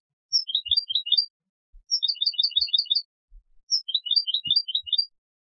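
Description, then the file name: European goldfinch calling in three short clusters of liquid, high-pitched twitters, each about a second long, with brief pauses between. "Carduelis carduelis"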